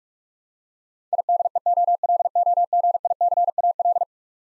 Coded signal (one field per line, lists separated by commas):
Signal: Morse code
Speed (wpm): 46 wpm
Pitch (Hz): 700 Hz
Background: none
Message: IDEOLOGICAL